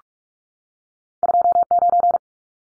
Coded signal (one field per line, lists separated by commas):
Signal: Morse code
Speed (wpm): 44 wpm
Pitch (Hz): 700 Hz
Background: none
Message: 29